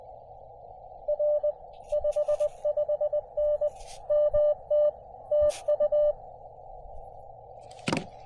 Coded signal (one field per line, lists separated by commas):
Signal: Morse code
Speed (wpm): 21 wpm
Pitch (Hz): 590 Hz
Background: none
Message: R 55N MT TU